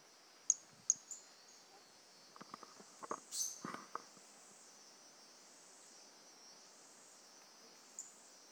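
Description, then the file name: Brachycephalus mirissimus uttering two crisp high chirps, later a burst of buzzy high sound among scattered clicks and taps, then softer whistled notes. Individual 01 of Brachycephalus mirissimus, recorded 18 January 2018; the frog was not collected. "Brachycephalus mirissimus 18 jan 2018 individual 01 ex 02 A E Confetti not collected"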